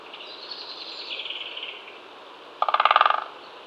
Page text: Great Spotted Woodpecker Drum. Quick Sounds